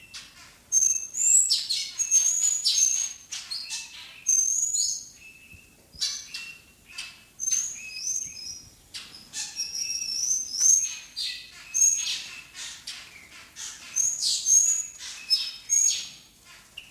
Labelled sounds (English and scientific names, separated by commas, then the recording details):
Taveta Weaver (Ploceus castaneiceps) call
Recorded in captivity
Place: Zoo Berlin, Berlin, DE
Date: 2003-11-13 15:01
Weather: fair, ca. 0°C
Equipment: Fair Mate ST-1328 (Asahi Electronics, Japan), Sennheiser ME 80, Kopie Uher 4000 Report Monitor
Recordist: Tembrock, Günter
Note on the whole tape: Diverse Lautformen, auch mit Flügelschlagen